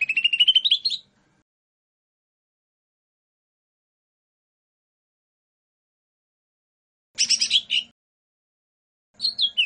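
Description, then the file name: Lesser green leafbird giving brief bursts: a fast rising buzzy trill, then short clusters of high twittering notes, separated by long silent gaps. "cucak hijau mini. omkicau"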